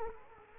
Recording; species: mosquito wingbeat signal from an infrared sensor; Culex quinquefasciatus